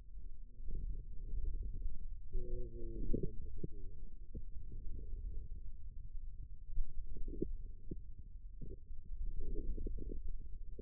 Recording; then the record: forearm muscle sounds (acoustic myography)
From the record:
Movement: wrist extension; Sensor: system 2, bracelet of six BSWA MPA416 microphones around the upper forearm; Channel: 3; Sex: male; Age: 22 years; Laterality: right